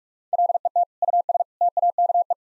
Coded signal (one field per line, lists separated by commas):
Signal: Morse code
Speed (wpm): 46 wpm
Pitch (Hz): 700 Hz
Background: none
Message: LET US TAKE